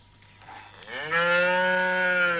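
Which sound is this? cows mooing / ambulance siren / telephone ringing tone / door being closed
cows mooing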